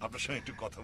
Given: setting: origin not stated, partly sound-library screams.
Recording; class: one-second piece from a danger detection set; normal situation